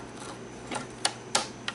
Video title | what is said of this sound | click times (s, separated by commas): Kirby G5 breakdown ( works for G2, G3, G4, G6, Ultimate G, Sentria 1&2, Avalir 1&2 as well ) | hey look it snapped into place now the reason i was able to do that | 1.1 s, 1.4 s